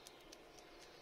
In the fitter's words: we press this sleeve until it clicks in and you'll see in a moment it'll be